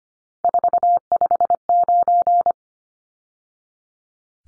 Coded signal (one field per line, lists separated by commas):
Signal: Morse code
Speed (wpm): 25 wpm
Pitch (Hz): 700 Hz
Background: none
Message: 459